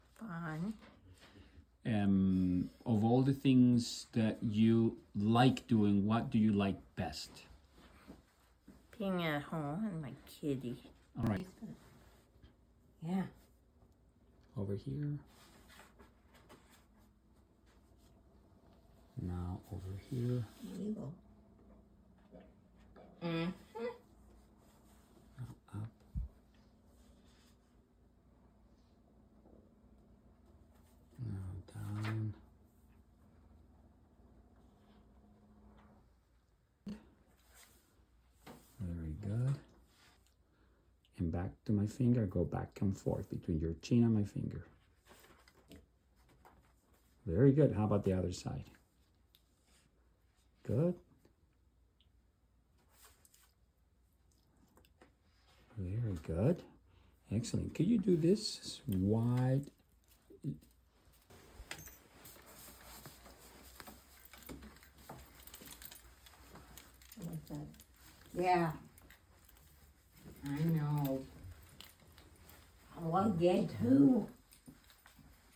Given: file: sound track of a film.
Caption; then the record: Features of dysarthria and speech and cerebellar ataxia of Sister 1 (now 49 years).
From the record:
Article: “Mini Molar Tooth” Sign in POLR3B ‐Associated Cerebellar Ataxia with Hypomyelinating Leukodystrophy